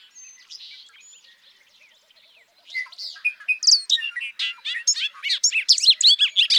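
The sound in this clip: Bobolink song, faint bubbling notes at first, then from about three seconds a loud, rapid cascade of tinkling, banjo-like notes jumping up and down in pitch.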